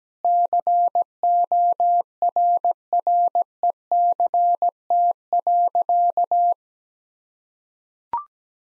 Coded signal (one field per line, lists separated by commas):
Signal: Morse code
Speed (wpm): 17 wpm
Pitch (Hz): 700 Hz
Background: none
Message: CORRECT.